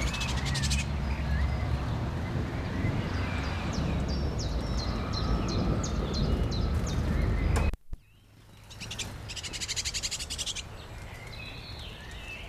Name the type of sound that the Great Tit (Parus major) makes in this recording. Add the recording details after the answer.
begging call. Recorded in the wild. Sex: pair. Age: adult. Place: Kaiserslautern, Rheinland-Pfalz, DE. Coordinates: 49.4247, 7.77889. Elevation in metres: 279. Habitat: garden. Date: 1986-05-08. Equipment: Nagra IV, Sennheiser MKH 405. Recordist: Tretzel, Erwin